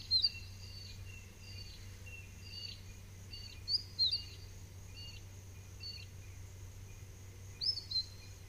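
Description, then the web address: Mistletoebird sounds: bright high paired notes every few seconds, with a run of softer lower chirps in between, over a steady background hiss. "sound Mistletoebird. صدای-پرنده-مرغ-دارواش"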